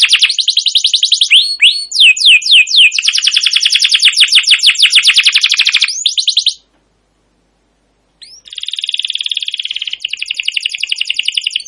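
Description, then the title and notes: Canary trilling in fast repeated tours with a few swooping whistles, falling silent for nearly two seconds, then resuming with a dense buzzing roll. Wild canary, very active long song; suited as a tutor song for training canaries and as a lure. "Kenari GACOR PANJANG KENARI LIAR. burung kenari gacor parah"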